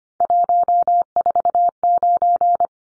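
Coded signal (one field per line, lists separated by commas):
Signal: Morse code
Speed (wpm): 25 wpm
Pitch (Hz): 700 Hz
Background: none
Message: 149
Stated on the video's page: Three-digit number head-copy drill at 25wpm, each sent in Morse, spoken, then sent again.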